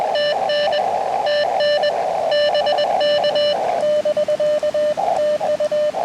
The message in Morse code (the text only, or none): TN TN BK <BK> TU